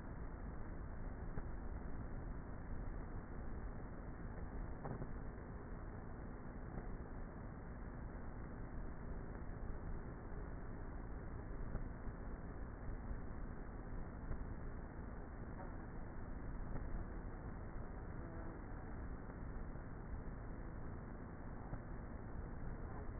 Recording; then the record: honeybee colony, microphone inside the hive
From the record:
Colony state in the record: queenless with a low population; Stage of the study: before two queens were removed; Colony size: about 30,000 bees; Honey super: no